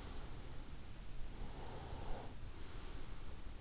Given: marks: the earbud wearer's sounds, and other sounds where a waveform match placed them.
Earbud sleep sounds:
sounds in sleep by an in-ear microphone; breath
1.31-3.46 s: breath

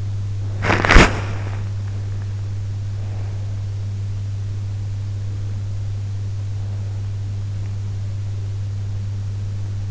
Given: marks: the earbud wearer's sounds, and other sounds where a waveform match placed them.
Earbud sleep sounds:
sounds in sleep by an in-ear microphone; body movement
0.00-2.45 s: body movement

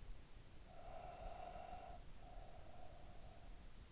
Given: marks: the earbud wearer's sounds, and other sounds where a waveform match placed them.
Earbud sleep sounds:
sounds in sleep by an in-ear microphone; breath
0.59-3.92 s: breath

